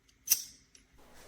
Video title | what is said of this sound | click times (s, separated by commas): Produktbewertung NEEWER Einstellbare Handy Stativhalterung mit 1/4" Gewinde 180°Neigung 360°Drehung | This is held in with magnets, so once you place the Allen key, it just snaps back in. | 0.3 s